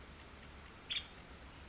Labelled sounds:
Nuttall's Woodpecker
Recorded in Sonoma County, California

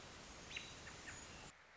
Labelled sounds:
American Robin
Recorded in Sonoma County, California

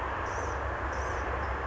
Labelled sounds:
Blue-gray Gnatcatcher
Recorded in Sonoma County, California

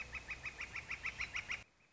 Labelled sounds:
Northern Flicker
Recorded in Sonoma County, California

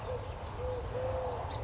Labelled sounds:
Eurasian Collared Dove
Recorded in Sonoma County, California

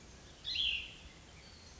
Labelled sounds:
Cassin's Vireo
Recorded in Sonoma County, California

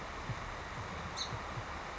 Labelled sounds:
Song Sparrow
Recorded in Sonoma County, California

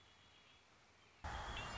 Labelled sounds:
Red-winged Blackbird
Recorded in Sonoma County, California

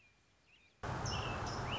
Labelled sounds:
American Robin
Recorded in Sonoma County, California

